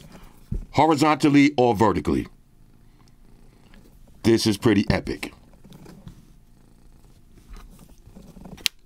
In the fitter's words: that snaps back into place.